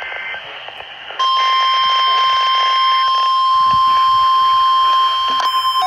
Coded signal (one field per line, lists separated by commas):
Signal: Emergency Alert System (SAME) tones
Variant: 1050 Hz attention tone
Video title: NOAA Weather Radio Weekly Test January 1 2020 #1